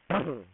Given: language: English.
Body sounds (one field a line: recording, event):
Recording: throat vibration sensor signal played as sound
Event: throat clearing